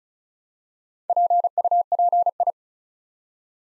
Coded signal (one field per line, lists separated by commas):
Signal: Morse code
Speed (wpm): 36 wpm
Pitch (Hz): 700 Hz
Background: none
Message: PUPI